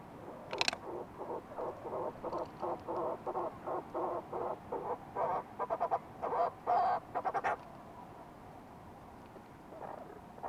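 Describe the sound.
Fulmar prion call, a rapid run of rhythmic croaking pulses, about two or three per second, rising in strength then stopping, over constant low background noise.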